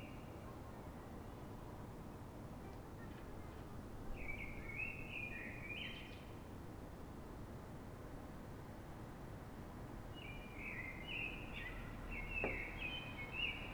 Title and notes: Pl. de Francisco Escolar, 10, 28944 Fuenlabrada, Madrid, España - Sonido Reclamo de Mirlo. Mirlo cantando, es un sonido de reclamo